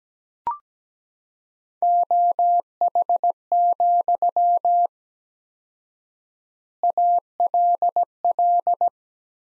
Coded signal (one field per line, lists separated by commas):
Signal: Morse code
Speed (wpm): 17 wpm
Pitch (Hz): 700 Hz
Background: none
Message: OH, ALL